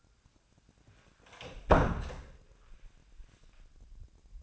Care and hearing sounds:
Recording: daily activity, microphone in the room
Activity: close door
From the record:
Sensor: 2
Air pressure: 1009.1 hPa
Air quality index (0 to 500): 190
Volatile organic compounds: 3 ppm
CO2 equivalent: 1380 ppm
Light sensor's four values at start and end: 30/80/34/36 and 30/80/34/36

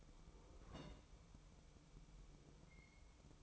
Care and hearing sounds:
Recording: daily activity, microphone in the room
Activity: place on stove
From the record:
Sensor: 1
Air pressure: 1008.1 hPa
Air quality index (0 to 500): 135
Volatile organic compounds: 2 ppm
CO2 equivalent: 1137 ppm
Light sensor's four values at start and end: 8/19/8/8 and 8/19/8/8

